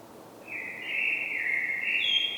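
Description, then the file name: Common blackbird delivering one mellow, flowing warbled phrase that shifts slightly in pitch and closes with a thin high note, over quiet background hiss. "Turdus merula"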